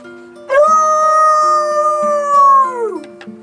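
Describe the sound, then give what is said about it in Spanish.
A neighbour's dog that has got loose lets out one long, sustained howl lasting about two and a half seconds, holding a steady pitch before sliding downward at the end, over a faint low background hum. “Otra vez se soltó el perro del vecino.”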